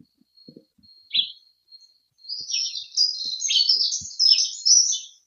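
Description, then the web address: Dunnock song: a short chirp, then a hurried, squeaky warble of high notes running about three seconds, with faint low knocks. "Heggemus. heggenmus prunella modularis"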